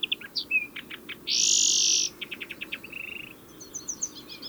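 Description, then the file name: European greenfinch song: varied twitters and chirps with a long wheezy buzz in the middle, followed by a quick trill and further twittering. "Chloris chloris"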